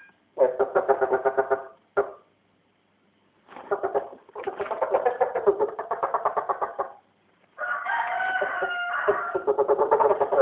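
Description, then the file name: East Asian bullfrog: frogs calling in several dense pulsed bursts of varying length with short pauses between, the last stretch with higher tonal notes overlapping. "tieng ech dong keu"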